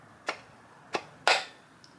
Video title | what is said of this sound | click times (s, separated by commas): Building an 8500 RPM ITB Miata Engine - Full Build! | until you hear it click into place so this is now in the right position I'm going to do cylinder 4 | 1.3 s